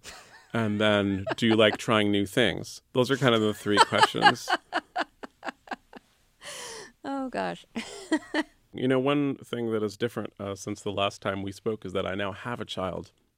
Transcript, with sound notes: And then do you like trying new things? Those are kind of the three questions.
(Laughter) Oh, gosh.
You know, one thing that is different since the last time we spoke is that I now have a child.